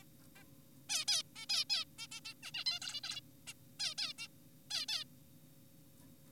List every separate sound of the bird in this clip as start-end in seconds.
0.36-0.44, 0.90-1.05, 1.08-1.23, 1.36-1.46, 1.50-1.64, 1.70-1.84, 1.98-2.07, 2.12-2.20, 2.25-2.34, 2.43-2.51, 2.54-2.64, 2.66-2.80, 2.82-3.00, 3.04-3.20, 3.47-3.53, 3.80-3.94, 3.98-4.13, 4.18-4.28, 4.71-4.86, 4.89-5.04